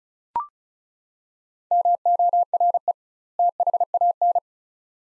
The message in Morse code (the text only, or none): MORE THAN